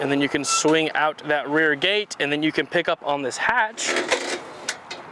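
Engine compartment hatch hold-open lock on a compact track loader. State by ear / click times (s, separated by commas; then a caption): seated / 4.7 s, 4.9 s. Someone talks while lifting the rear engine-compartment hatch on a John Deere 317G compact track loader after swinging out the rear gate. The hatch's metal hold-open support locks into place with sharp metallic clacks at 4.7 s and 4.9 s, and the hatch stays locked open.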